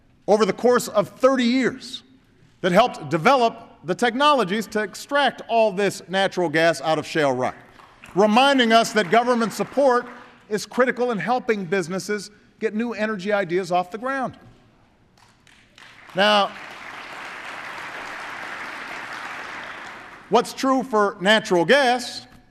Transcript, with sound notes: over the course of 30 years, that helped develop the technologies to extract all this natural gas out of shale rock –- reminding us that government support is critical in helping businesses get new energy ideas off the ground. (Applause.) Now, what’s true for natural gas